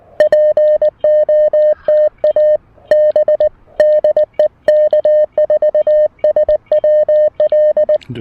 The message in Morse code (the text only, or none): POTA B DE K4SWL